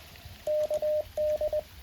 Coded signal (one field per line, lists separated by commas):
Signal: Morse code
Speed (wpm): 20 wpm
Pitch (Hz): 610 Hz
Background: none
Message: KD